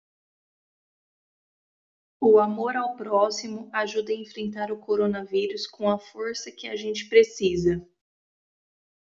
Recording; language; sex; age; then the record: spoken sentence; Brazilian Portuguese; female; 20 to 29 years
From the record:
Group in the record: control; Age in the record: 27 years